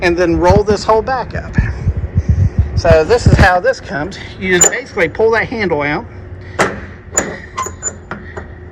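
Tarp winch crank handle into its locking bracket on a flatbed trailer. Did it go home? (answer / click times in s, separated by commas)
yes / 7.2 s, 8.1 s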